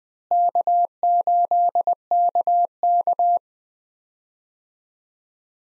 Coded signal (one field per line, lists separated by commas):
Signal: Morse code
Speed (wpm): 20 wpm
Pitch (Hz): 700 Hz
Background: none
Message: K8KK